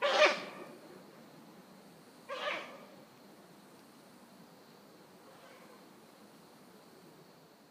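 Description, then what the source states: Ural owl giving harsh, raspy screeching calls, two loud bursts about two seconds apart and a faint third one later, over steady background hiss. Recorded 27 September 2009 at 03:53; call described as ugya.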